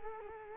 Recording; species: mosquito wingbeat signal from an infrared sensor; Culex quinquefasciatus